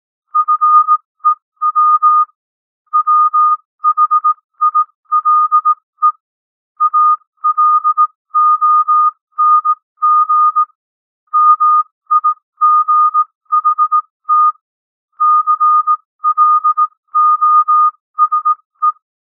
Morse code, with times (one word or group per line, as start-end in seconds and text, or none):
0.4-2.2 FEW
2.9-6.1 WHILE
6.8-10.6 ALONG
11.3-14.5 MIGHT
15.2-18.9 CLOSE